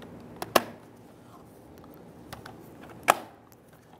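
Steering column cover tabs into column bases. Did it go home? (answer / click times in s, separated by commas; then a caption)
yes / 0.6 s, 3.1 s. A plastic steering column cover half on a 2005-2010 Chrysler 300 is pressed onto its column bases during a shift interlock latch replacement. Two sharp plastic snaps are heard at 0.6 s and 3.1 s, with a few fainter ticks between them. Both tabs lock into place, and the cover is seated.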